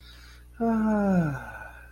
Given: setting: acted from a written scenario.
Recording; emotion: vocal sound without words; serenity